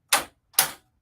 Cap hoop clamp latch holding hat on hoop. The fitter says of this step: click it to make sure that it's on and it's down and